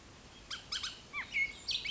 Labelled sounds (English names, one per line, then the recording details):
Bullock's Oriole
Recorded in Sonoma County, California